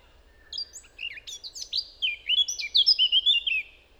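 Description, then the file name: Eurasian blackcap singing, starting with a jumbled, scratchy twitter and ending in bright whistled fluty notes, rising and falling, repeated quickly. "Sylvia atricapilla"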